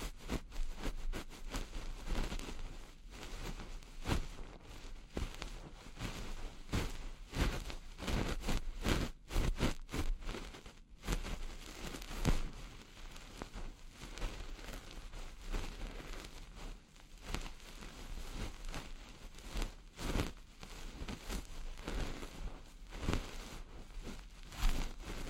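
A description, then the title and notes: An ear massage sound made of dense, irregular crackling and rubbing, like a steady patter of rain. Louder scratchy bursts come every few seconds, notably around 3, 8, 12, 20 and 25 seconds, over a constant low rumble. 手指掏耳．梵天．凡士林按摩 | EarMassage | NO Talking.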